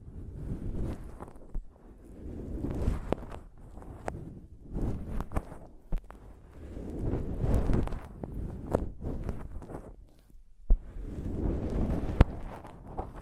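Tapping and scratching on a microphone: muffled, rumbling rubbing swells and fades in waves every few seconds, like wind buffeting. Sharp, bright taps cut through at irregular moments, about a dozen over the span, with one crisp knock near the end.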